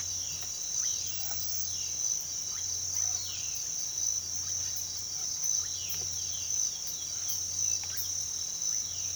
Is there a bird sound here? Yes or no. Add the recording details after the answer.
yes. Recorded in pastures near Puerto Asís, Putumayo, Colombia, on 24 March 2025 at 06:00. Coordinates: 0.487, -76.322. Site G077